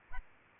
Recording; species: mosquito wingbeat signal from an infrared sensor; Aedes albopictus